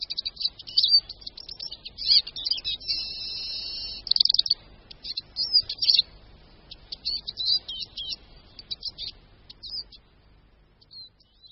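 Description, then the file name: Eurasian siskin song, a rapid high twitter with a sustained buzzy wheeze in the middle, breaking into scattered short notes that fade toward the end. "Čížek-lesní"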